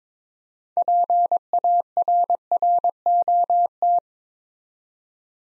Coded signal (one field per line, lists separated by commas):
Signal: Morse code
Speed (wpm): 22 wpm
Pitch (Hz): 700 Hz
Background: none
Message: PARROT